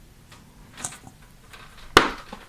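A soldered bullet connector is pressed firmly with pliers into the positive side of the plastic housing of an EC5 RC battery connector. A few faint ticks come first, then a loud, sharp pop at 2.0 s as the bullet snaps into the housing. The connector is fully seated and judged perfect.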